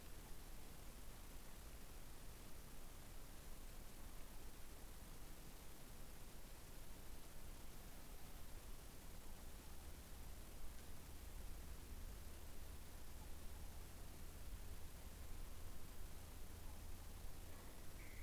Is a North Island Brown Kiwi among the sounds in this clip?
no